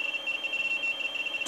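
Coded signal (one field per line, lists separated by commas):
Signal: RTTY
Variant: 50 baud, 450 Hz shift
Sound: rapid warbling between two high tones, steady throughout, over hiss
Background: radio static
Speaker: station which is no great surprise cuz that's primarily what um rtty radio teet type is used for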